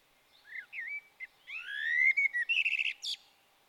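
Common blackbird singing one long phrase: mellow rising and falling whistles that swell, then break into a squeaky, scratchy flourish at the end.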